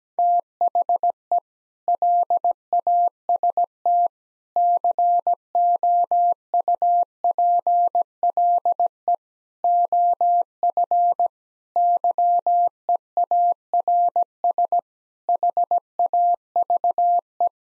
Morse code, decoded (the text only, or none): THE LAST COUPLE OF YEARS HAVE